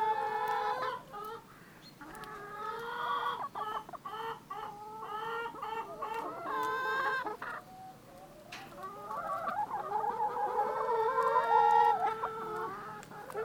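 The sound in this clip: Chicken clucking, a run of quick repeated clucks, then a quieter pause, followed by longer drawn-out wavering calls.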